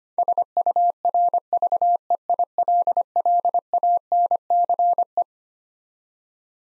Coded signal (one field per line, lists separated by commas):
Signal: Morse code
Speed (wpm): 25 wpm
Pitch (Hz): 700 Hz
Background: none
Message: SURVEILLANCE